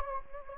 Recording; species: mosquito wingbeat signal from an infrared sensor; Anopheles gambiae